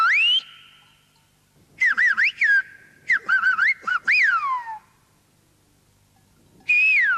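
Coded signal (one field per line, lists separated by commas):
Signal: whistled language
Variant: Silbo Gomero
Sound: loud piercing whistles rising and falling in pitch, in several short phrases with pauses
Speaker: los teléfonos móviles y las mejores carreteras están acabando con el silbo gomero a pesar de que gentes como sí lo enseñan las escuelas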